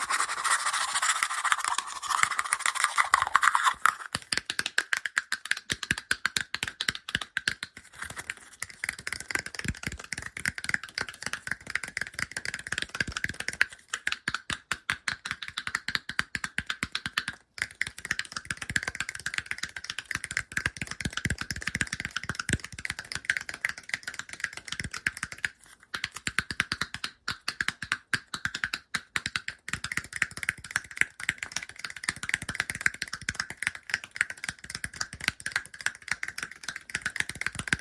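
Fast, dense tapping and scratching runs without pause for the whole stretch, a rapid clatter of tiny clicks like hurried typing. The sound is thin and bright, with almost no low end, and the first few seconds carry an extra hissy scratch.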